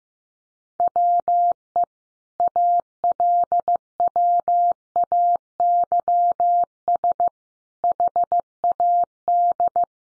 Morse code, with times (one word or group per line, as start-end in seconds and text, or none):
0.8-1.8 WE
2.4-7.3 ALWAYS
7.8-9.8 HAD